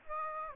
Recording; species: mosquito wingbeat signal from an infrared sensor; Aedes aegypti